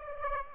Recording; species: mosquito wingbeat signal from an infrared sensor; Aedes aegypti